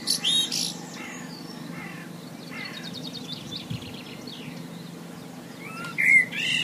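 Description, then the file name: Common blackbird giving brief song fragments. A squeaky burst comes at the start, and a short fluty phrase with a high twitter comes near the end. Quiet background with a low hum. "Merle"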